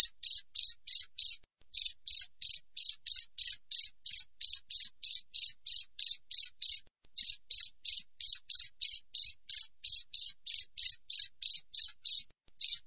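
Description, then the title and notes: Cricket chirping, a steady high chirp of three or four quick pulses repeated about three times a second, with a few short pauses; no other sounds. Clear natural cricket sound with tightly spaced chirps, intended as a master recording for training songbirds and for repelling rats. "Masteran Jangkrik Alam Jernih, Jeda Rapat Cocok Untuk Masteran Burung Dan Mengusir Tikus. suara jangkrik"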